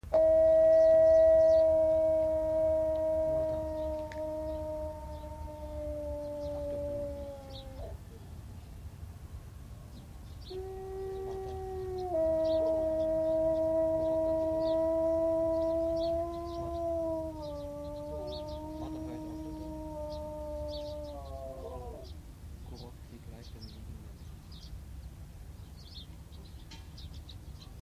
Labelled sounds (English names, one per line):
Gray Wolf howling